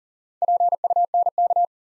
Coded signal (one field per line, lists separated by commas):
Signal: Morse code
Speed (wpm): 38 wpm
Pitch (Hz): 700 Hz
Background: none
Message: PUNK